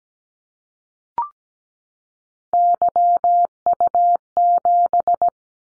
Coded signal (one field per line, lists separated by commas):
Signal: Morse code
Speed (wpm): 17 wpm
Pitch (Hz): 700 Hz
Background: none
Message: YU7